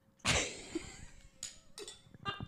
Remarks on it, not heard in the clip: It sounds like you have like a little COVID cough. I have a little COVID cough.